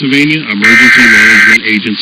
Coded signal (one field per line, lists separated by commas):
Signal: Emergency Alert System (SAME) tones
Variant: header bursts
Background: speech